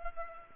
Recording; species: mosquito wingbeat signal from an infrared sensor; Culex pipiens